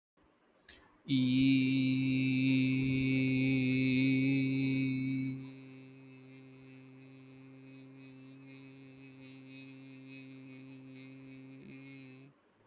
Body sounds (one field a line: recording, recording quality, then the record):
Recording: sustained vowel as in beet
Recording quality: excellent, no background noise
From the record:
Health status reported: healthy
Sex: male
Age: 23 years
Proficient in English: yes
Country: India